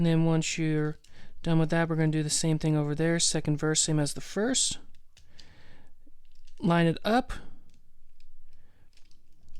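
Someone talks while lining up a plastic panel of a Transformers Rise of the Beasts Deluxe Class Nightbird transforming action figure with its slot before pressing it into place. Only small, quiet plastic handling taps are heard, and nothing has seated or clicked yet.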